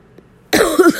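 Adult woman with a cold. A single painful-sounding cough.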